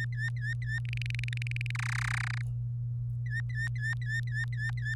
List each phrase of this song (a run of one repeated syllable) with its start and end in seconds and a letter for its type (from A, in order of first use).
0.00-0.79 A, 0.85-1.71 B, 1.75-2.42 C, 3.26-4.94 A